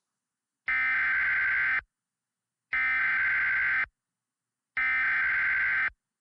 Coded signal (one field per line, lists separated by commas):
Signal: Emergency Alert System (SAME) tones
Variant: header bursts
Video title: EAS Mock Making 101 - EASyPLUS Tones